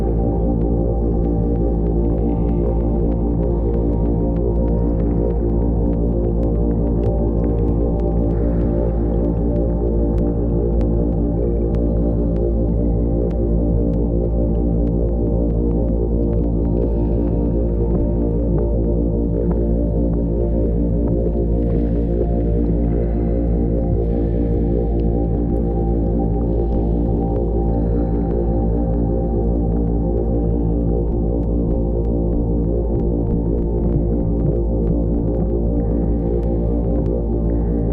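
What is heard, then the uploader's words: A steady background drone holds at an even level for the whole stretch, thick with layered low tones and a slow, faint throb. Thin, flickering sounds drift faintly above it now and then, never breaking the unchanging hum. I created a background drone with a coastal/nautical feel to accompany the field recording in some way. I used a synthesiser that uses granular synthesis to create the drone and textures. I especially liked the little pops and squeaks in the underwater hydrophone recording. Harbour sounds in Bali reimagined by id_23.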